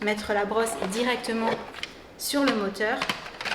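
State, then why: Not seated. Someone talks while a brush accessory of a cordless stick vacuum is handled, about to be pushed directly onto the handheld motor unit. The brush has not yet seated or clicked onto the motor.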